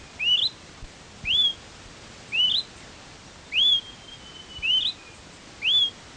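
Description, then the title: Smoke-colored Pewee with a series of bright, rising whistled calls spaced about a second apart, the only clear sound over soft background noise. Subspecies zarumae. "LuckyPassaro Completos2Sama. Smoke-colored Pewee (Contopus fumigatus zarumae)"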